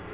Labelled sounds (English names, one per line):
Black-throated Green Warbler flight call